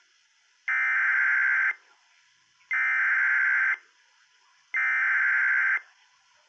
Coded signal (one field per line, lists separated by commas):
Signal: Emergency Alert System (SAME) tones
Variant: header bursts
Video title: STERLING ISNT DONE YET!! EAS 507 FLW NWS STERLING